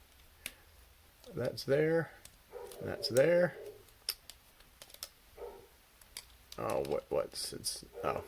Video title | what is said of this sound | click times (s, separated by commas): Studio Series DRIFT (#45) Transformers Deluxe Review | these together they will click in they will snap together that's | 0.5 s